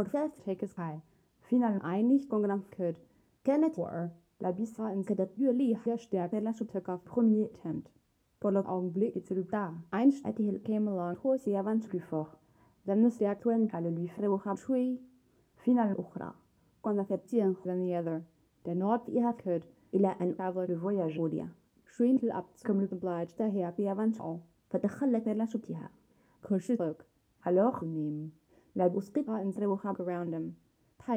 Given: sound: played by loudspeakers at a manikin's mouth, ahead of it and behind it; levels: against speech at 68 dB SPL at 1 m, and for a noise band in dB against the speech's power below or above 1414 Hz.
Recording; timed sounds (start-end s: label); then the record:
test signals for a remote microphone
0.00-31.16 s: speech test signal (ISTS)
From the record:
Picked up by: measurement microphone